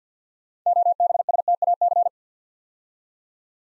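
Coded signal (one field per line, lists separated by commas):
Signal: Morse code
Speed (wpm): 48 wpm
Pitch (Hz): 700 Hz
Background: none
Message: OBSTAC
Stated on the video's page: Morse code practice drill at 50 wpm, building 8-letter words two letters at a time for instant character recognition.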